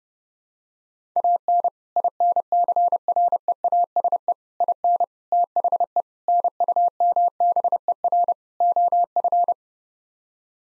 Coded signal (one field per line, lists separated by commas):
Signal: Morse code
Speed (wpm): 32 wpm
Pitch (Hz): 700 Hz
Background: none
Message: AN INCREASE IN THE NUMBER OF